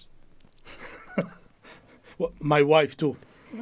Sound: laughter

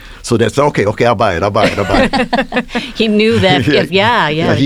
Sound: laughter

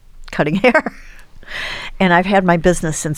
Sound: laughter

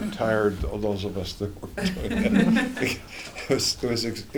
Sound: laughter

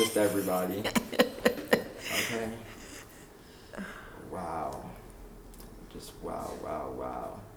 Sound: laughter

